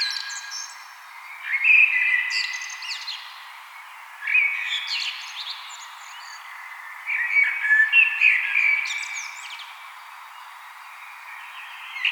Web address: vogelstimmen amsel gesang nabu lars lachmann